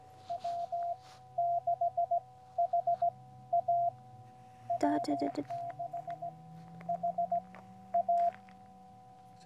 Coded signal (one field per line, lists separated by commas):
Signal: Morse code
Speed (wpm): 16 wpm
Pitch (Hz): 690 Hz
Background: speech, radio noise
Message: W6HA W6HA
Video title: New Radio, New Adventure: Queens of the Mountains Activation with SOTA Cat (QCX Mini)